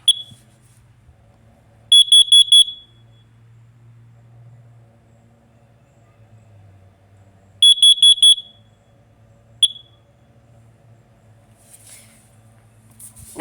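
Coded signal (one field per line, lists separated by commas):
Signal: alarm pattern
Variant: carbon monoxide alarm, temporal-four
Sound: four quick high-pitched beeps, pause, then four more beeps; a single chirp later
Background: room hum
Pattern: 4 short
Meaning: Four quick beeps repeating signal carbon monoxide detected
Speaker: and here's a carbon monoxide now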